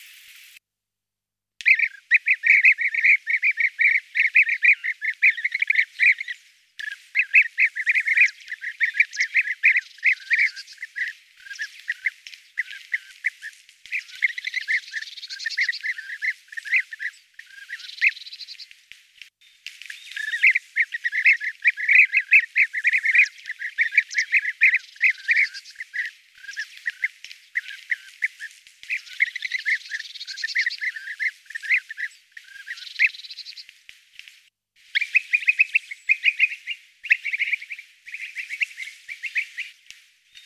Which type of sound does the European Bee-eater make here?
song